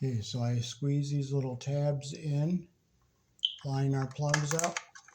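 A plastic push-in cable connector with squeezable spring tabs is handled at the knockout hole of a junction box while someone talks, with a short sharp tap near 3.5 s and faint ticks at the very end. Nothing has seated or clicked into the knockout yet.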